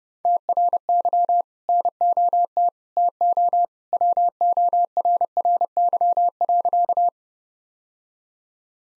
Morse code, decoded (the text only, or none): TRY NOT TO WORRY.